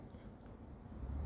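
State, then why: Not seated. A screw cap is being handled on a filled plastic coffee bottle, pressed on and twisted, producing a steady low rumbling, rustling noise that grows slightly louder toward the end with no sharp transients. Nothing has seated or clicked yet; the cap is not yet locked home when the clip ends.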